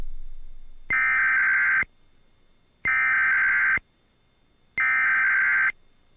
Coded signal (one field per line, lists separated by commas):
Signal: Emergency Alert System (SAME) tones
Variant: header bursts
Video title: SpongeBob EAS Meme Comparison. (Includes V1 and V2.) (Christmas Special + 360 Sub Special!!!)